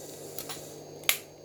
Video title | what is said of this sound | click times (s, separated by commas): Playmobil Novelmore Starter Pack 70499 Castle | Okay, and that presses right in. You can hear that little click. | 1.1 s